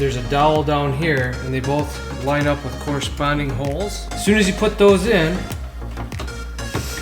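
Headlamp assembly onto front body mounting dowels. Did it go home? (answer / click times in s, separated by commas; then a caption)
no / none. A replacement headlamp housing for a Subaru Forester is lined up on its two locating dowels on the front body mounting and pushed in while someone talks over background music. A few short handling knocks come near the end, around 6.1 to 6.6 seconds, and nothing has seated or clicked yet.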